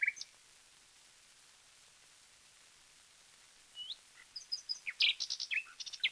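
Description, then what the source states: Common nightingale song: a faint note, a long quiet stretch with a soft whistle, then a burst of sharp varied notes and rattles. Taken from a 1936 disc of wild bird songs, side A.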